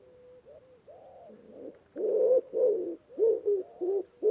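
Bird cooing, starting with faint, thin low notes, then growing into louder, fuller hollow coos repeated in quick succession toward the end.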